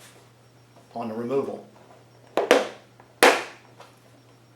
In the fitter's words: and if you listened youve heard them snap into place the bottom